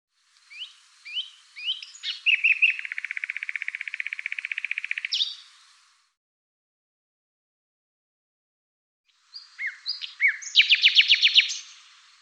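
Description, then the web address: Bird song: a few downslurred chirps lead into a long rapid trill lasting about three seconds; after a pause, another phrase of chirps and a shorter trill. "cianscape birddata Deverinetal 2025"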